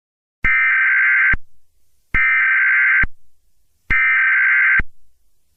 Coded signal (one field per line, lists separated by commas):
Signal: Emergency Alert System (SAME) tones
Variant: header bursts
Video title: Solar Scuffling - An EAS Mock